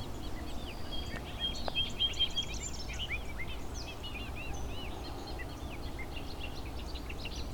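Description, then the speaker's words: Bobolink song, a rapid bubbly jumble of high tinkling notes tumbling over several seconds, with a steady whistled tone early on and low background rumble underneath. Singing while flying in the air; several bobolinks present, song likened to a skipping CD. "This bobolink is flying in the air and singing at the same time."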